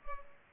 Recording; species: mosquito wingbeat signal from an infrared sensor; Culex pipiens